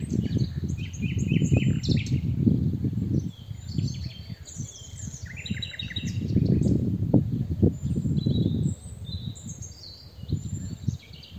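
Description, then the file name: Common nightingale phrases, short repeated notes and slurred whistles, with a loud low-frequency rumble beneath. "Luscinia megarhynchos"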